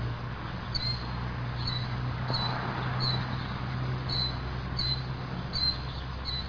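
Killdeer calling: several thin, high notes repeated over a steady low rumble of background noise.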